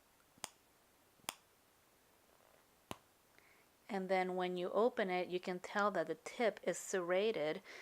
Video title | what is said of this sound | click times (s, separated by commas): Turn & More Tutorial | you can actually hear it click as it locks in place and then | 0.4 s, 1.3 s, 2.9 s